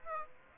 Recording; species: mosquito wingbeat signal from an infrared sensor; Aedes aegypti